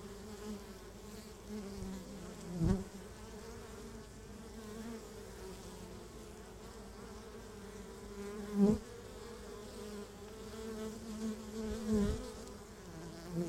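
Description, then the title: Honey bees humming continuously at the hive, with a few brief louder bursts. Beehive at Laren, Gelderland, Netherlands, recorded July 17, 2015; not a binaural recording. "Beehive. Bijenkorf (Laren Gld., July 17th 2015)"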